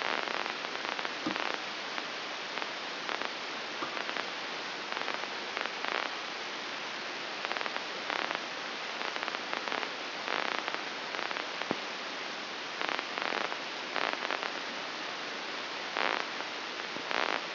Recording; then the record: brain microelectrode recording played as sound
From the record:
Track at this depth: outside the subthalamic nucleus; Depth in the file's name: 7.26 mm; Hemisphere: left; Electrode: 2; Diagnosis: Parkinson's disease